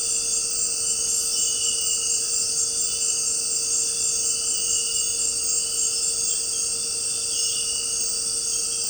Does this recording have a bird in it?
no